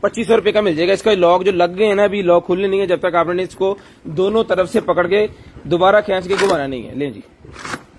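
A lid or clip on a household container is held from both sides while someone talks almost continuously over it. No click or snap is heard, and nothing has seated or clicked shut yet.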